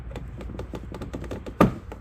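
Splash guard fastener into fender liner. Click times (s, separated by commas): 1.6 s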